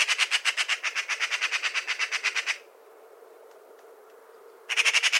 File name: Pica pica